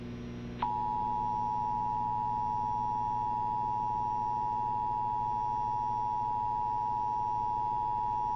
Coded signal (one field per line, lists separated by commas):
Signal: Emergency Alert System (SAME) tones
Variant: 853 and 960 Hz attention tone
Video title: EAS 2938: NWS San Juan Flash Flood Warning